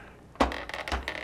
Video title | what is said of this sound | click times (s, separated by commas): Hasbro Pulse - G.I. Joe Classified Series H.I.S.S. HasLab - Unboxing | pops right in oh that's so much nicer on a | 1.1 s